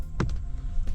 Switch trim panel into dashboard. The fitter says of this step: then put it straight in, and it'll click again,